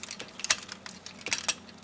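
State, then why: Seated. Two plastic sections of a Dream Star Toys DST Dauntless Black Raider Transformers combining robot toy are lined up and pressed down together into the main body. Sharp plastic clicks at 0.4 and 0.5 s mark the sections seating and joining, and further lighter clicks follow around 1.3 and 1.5 s.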